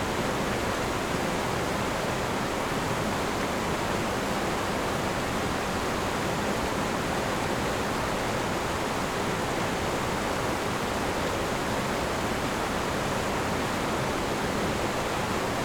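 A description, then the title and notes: A rushing river pours on without a break, a dense, even wash of water that fills everything from deep rumble to bright hiss. The level holds steady for the whole stretch, with no distinct splashes or other sounds standing out. Rushing River White Noise. The water and nature sounds.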